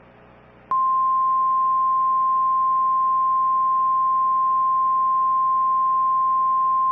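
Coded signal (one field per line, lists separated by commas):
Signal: Emergency Alert System (SAME) tones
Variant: 1050 Hz attention tone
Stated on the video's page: Valid EAS tones in a fictional squall line scenario.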